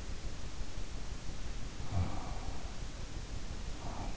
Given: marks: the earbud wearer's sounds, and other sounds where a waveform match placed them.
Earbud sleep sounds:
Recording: sounds in sleep by an in-ear microphone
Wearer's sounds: breath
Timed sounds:
1.87-4.11 s: breath

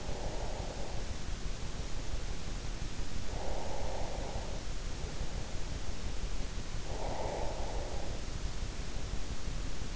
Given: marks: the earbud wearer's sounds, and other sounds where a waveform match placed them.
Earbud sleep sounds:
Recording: sounds in sleep by an in-ear microphone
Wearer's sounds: breath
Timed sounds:
0.00-1.42 s: breath
2.91-4.82 s: breath
6.63-8.60 s: breath

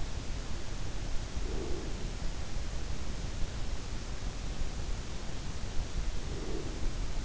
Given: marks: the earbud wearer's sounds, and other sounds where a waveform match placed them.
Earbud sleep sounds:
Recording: sounds in sleep by an in-ear microphone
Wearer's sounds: breath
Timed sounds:
1.29-2.48 s: breath
5.92-7.25 s: breath

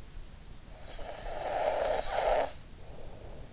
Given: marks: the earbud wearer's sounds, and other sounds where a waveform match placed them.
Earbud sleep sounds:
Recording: sounds in sleep by an in-ear microphone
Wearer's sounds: snoring breath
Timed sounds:
0.72-3.12 s: snoring breath

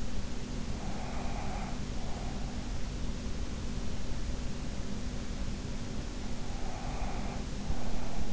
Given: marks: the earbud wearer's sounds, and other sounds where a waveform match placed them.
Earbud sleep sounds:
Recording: sounds in sleep by an in-ear microphone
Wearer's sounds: breath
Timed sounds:
0.73-2.50 s: breath
6.50-8.33 s: breath

